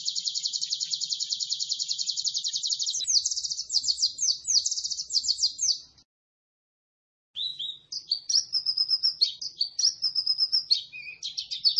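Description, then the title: White-eye song with a long rapid high-pitched trill breaking into jumbled twitters, a short silence, then lively varied chirping phrases. Described as gacor, lively energetic singing. "Pleci Gacor"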